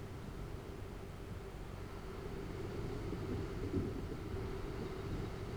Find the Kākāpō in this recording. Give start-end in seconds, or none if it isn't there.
none